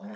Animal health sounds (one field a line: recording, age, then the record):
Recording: pig call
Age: piglet (1 to 25 days)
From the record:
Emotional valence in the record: negative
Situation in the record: short isolation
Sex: male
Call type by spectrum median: low-frequency call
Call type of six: mixed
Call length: 0.16 s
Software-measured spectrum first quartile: 207 Hz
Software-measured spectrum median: 377 Hz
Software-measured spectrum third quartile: 940 Hz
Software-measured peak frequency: 202 Hz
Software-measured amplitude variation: 44 dB a second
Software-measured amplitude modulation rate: 15.6 a second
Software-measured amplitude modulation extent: 2.8 dB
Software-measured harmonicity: 6.1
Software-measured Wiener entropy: -0.63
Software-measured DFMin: 1029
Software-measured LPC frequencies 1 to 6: 596, 1796, 3042, 3792, 5345, 6683 Hz